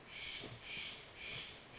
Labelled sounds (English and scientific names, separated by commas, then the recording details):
Steller's Jay (Cyanocitta stelleri)
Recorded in Sonoma County, California